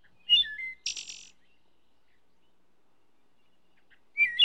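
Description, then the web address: Wood thrush song: a short phrase of low fluting notes followed by a high, buzzy, shimmering flourish, then a quiet pause before the next phrase begins. "bird wood trush song"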